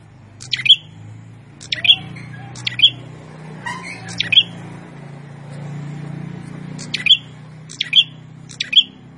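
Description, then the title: Prinia singing loud, explosive high chips at irregular intervals, with faint lower chatter and a steady low hum underneath. Prenjak song used as a master recording for training cage birds; described as gacor (singing vigorously). "Suara Burung Prenjak Gacor Mantul untuk Masteran"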